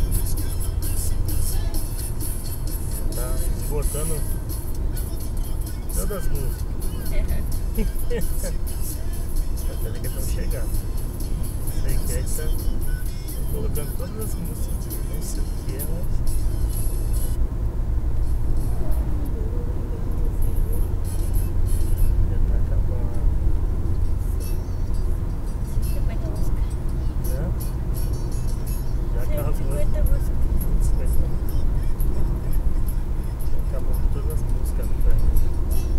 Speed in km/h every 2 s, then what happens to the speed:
77, 75, 74, 74, 74, 77, 79, 81, 83, 85, 88, 90, 91, 92, 93, 94, 95, 94.
0-8 steady at about 74. 8-23 speeds up to 91. 23-36 steady at about 93.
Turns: none.